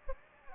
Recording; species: mosquito wingbeat signal from an infrared sensor; Aedes aegypti